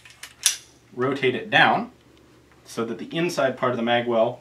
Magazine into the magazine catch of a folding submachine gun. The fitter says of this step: pull it up until it snaps into the magazine catch,